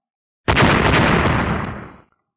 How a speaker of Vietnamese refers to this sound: Thân hình của Trúc Long vọt mạnh lên phía trên, một hồi âm thanh bạo phá không ngừng vang lên.